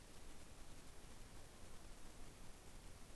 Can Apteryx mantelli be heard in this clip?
no